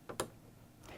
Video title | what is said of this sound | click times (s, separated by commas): Proper Bobbin Use | the post and seat it onto the post listen for the click | 0.2 s